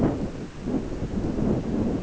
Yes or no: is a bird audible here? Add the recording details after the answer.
no. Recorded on Arctic tundra, site ZACK-1, on 16 June 2019. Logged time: 07:49